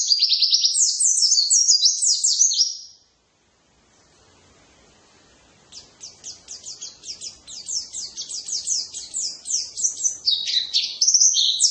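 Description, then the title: White-eye song, a dense high twittering warble that stops abruptly, pauses a couple of seconds, then returns as quick chirps building into a louder chatter. "pleci"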